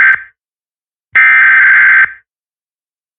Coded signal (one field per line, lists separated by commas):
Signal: Emergency Alert System (SAME) tones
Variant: header bursts